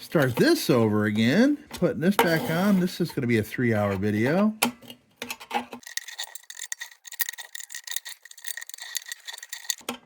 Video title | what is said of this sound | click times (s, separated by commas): totally nuts air pilot lantern restoration | Okay, we're back in. I didn't hear that beautiful click that I had heard before. | none